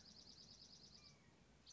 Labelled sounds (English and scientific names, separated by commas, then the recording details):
Dark-eyed Junco (Junco hyemalis)
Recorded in Sonoma County, California